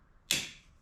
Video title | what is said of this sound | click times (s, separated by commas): DIY Wiper Blade Replacement - Save Hundreds | clip it in, and there you go. | 0.3 s